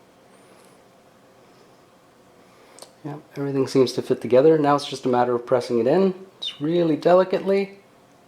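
A small spring mechanism part is being fitted into the plastic case of a 2010 Range Rover Sport smart key remote fob during a button pad cover repair, with everything lined up and ready to be pressed in delicately. Someone talks over a quiet background, with a brief sharp tick near 2.8 s before the speech starts. Nothing has seated or clicked into place yet.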